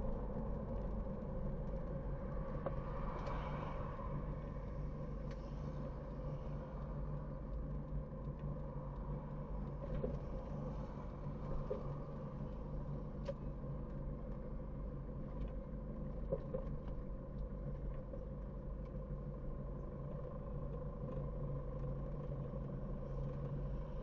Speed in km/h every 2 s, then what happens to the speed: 45, 35, 23, 14, 9, 6, 5, 6, 6, 5, 6, 9.
0-8 brakes to 9. 8-24 steady at about 6.